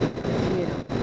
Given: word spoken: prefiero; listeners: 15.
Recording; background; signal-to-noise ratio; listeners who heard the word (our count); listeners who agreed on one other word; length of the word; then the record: one Spanish word in noise, from a listening test; noise modulated by three-talker babble; -4.8 dB; 3 of 15; 6 of 15; 0.63 s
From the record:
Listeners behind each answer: 6, 3, 2, 2, 1, 1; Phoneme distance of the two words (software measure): 31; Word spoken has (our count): 3 syllables, 8 phonemes, stress on syllable 2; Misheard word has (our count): 2 syllables, 5 phonemes, stress on syllable 1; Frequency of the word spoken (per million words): 15.52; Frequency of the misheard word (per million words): 157.67